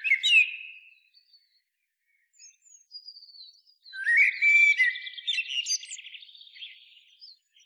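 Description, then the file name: Common blackbird, a clear whistled opening, a pause with faint high squeaks, then a long warbling phrase trailing into thin, scratchy twitter. "Turdus merula"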